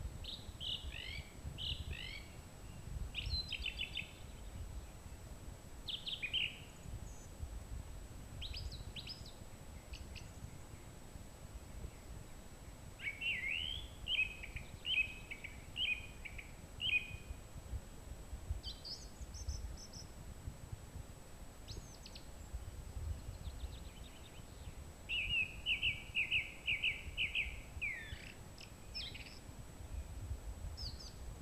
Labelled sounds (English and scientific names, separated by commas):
Song Thrush (Turdus philomelos) song